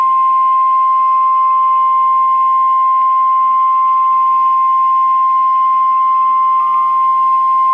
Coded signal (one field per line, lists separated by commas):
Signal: Emergency Alert System (SAME) tones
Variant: 1050 Hz attention tone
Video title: EAS Alert #302 (SVR)